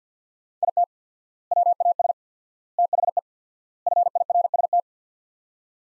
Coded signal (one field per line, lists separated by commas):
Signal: Morse code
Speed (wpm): 50 wpm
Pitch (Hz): 700 Hz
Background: none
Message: IT WAS THE FIRST